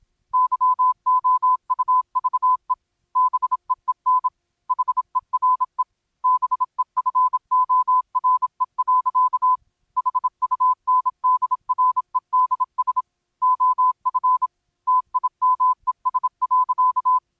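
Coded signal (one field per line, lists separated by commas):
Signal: Morse code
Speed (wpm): 27 wpm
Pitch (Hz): 1010 Hz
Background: none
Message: YOUVE BEEN HERE BEFORE. HUNDREDS OF TIMES.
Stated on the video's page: Secret Morse code hidden in the surreal Garfield horror game The Last Monday.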